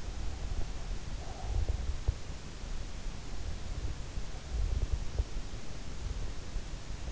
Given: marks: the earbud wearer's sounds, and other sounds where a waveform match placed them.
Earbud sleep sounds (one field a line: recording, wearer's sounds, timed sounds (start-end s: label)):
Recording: sounds in sleep by an in-ear microphone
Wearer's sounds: breath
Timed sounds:
0.38-2.39 s: breath